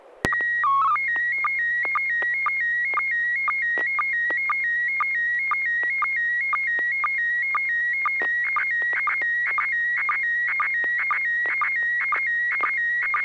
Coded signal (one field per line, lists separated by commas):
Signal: SSTV (slow-scan television)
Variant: PD 120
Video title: N6NA SSTV Net - 09/08/2021